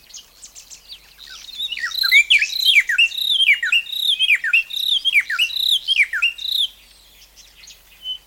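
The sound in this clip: Bird calls: continuous high twittering, fast repeated downslurred chirps about four per second for several seconds, then fading to a single whistle.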